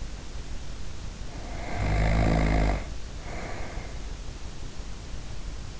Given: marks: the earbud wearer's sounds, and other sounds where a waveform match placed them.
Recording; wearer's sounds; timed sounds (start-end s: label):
sounds in sleep by an in-ear microphone; snoring breath
1.16-4.44 s: snoring breath